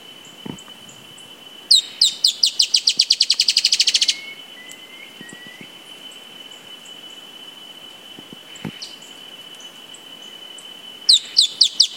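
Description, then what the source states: Dusky-tailed antbird sings an accelerating run of sharp, high, slurred notes lasting about two seconds, and a second song begins at the end. Faint thin whistles and a constant high tone sound between them. Recorded at Ferradura, Canela, Rio Grande do Sul, Brazil, on 4-10-16.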